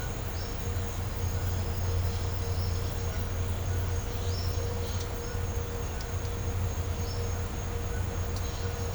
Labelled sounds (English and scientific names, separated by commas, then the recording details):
none
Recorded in pastures near Puerto Asís, Putumayo, Colombia, on 20 December 2024 at 09:00
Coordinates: 0.502, -76.324
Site G077